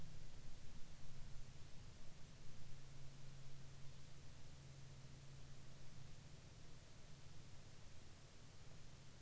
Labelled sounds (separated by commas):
near silence